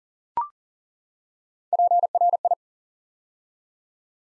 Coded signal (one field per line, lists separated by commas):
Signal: Morse code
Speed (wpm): 38 wpm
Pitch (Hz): 700 Hz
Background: none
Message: PRI